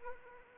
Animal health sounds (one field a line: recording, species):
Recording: mosquito wingbeat signal from an infrared sensor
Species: Anopheles arabiensis